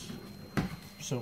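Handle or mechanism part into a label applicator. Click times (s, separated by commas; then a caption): 0.6 s. A handle or mechanism part is pushed into place on a handheld label applicator, giving a single short click at 0.6 s against a quiet background. The part seats and clicks into place, and someone talks afterward.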